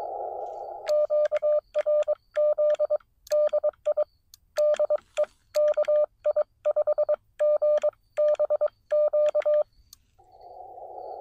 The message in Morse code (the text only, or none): QRZ DI DE KI5GBQ